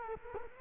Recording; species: mosquito wingbeat signal from an infrared sensor; Culex quinquefasciatus